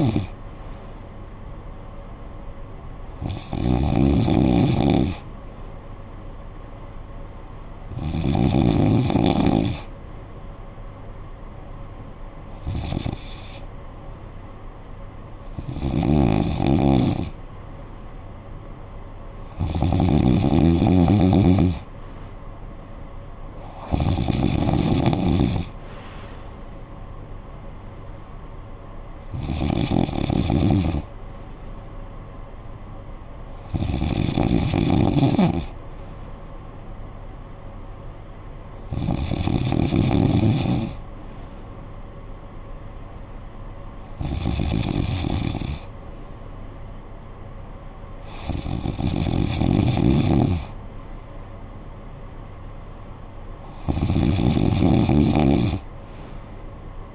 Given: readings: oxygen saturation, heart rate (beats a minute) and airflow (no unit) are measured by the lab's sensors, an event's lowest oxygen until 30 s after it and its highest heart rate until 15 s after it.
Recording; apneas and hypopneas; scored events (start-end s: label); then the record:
breathing in sleep by a smartphone at the bedside; none
none scored
From the record:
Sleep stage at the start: N2 (light sleep); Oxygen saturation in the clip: 92 to 95%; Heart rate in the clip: 55 to 66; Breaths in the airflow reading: 13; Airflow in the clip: -12.5 to 7.2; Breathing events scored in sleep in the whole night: 445 in 7.6 hours asleep